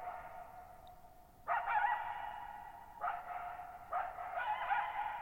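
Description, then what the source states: Coyote giving several hoarse barks at irregular intervals, their echoes overlapping and lingering in the still night air. Lone coyote in a shallow bowl-shaped meadow near Thirtymile Meadows, Okanogan High Country, Okanogan National Forest, 6400 ft, on a high dry plateau, night of July 14, 2019; very reverberant, quiet site.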